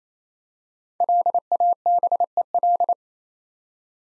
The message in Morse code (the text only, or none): LABEL